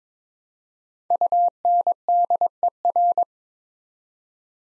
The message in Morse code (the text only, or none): UNDER